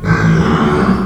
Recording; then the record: squeal of a Yucatan mini pig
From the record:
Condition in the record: after surgery on the right vocal fold (resection and tissue-engineered implant); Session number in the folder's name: 16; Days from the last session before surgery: 183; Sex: female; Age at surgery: 19 weeks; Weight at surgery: 25 kg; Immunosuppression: prednisolone